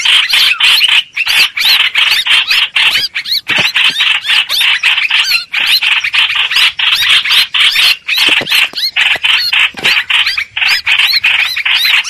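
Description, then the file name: Streak-eared bulbul, unbroken rapid harsh calls, shrill and squealing, coming in quick clusters separated by tiny gaps. Distress call used to call the flock together. "Tieng chim trao trao keu cuu goi bay"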